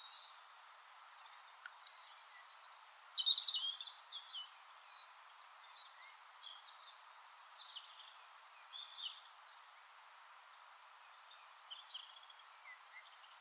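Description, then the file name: European robin song with high twittering and warbled phrases over a steady hiss, quieter thin notes trailing off later. "Erithacus rubecula"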